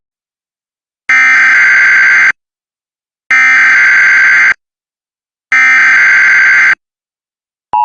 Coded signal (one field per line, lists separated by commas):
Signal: Emergency Alert System (SAME) tones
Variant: header bursts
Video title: EMERGENCY ALERT SYSTEM TORONTO WARNING CHICAGO ILLINOIS JULY 15 2024